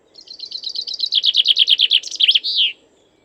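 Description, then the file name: Common chaffinch song: a bright, fast trill of repeated notes that steps downward in pitch and ends in a short flourish, about two and a half seconds long. "suara chaffinch"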